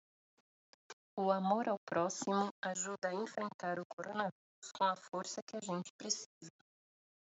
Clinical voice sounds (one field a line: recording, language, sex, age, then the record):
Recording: spoken sentence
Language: Brazilian Portuguese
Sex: female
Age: 30 to 39 years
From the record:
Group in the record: control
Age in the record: 35 years